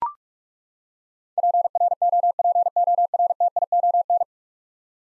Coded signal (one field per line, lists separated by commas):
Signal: Morse code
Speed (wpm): 43 wpm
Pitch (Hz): 700 Hz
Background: none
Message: PROPORTION